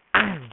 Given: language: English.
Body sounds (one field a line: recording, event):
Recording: throat vibration sensor signal played as sound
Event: throat clearing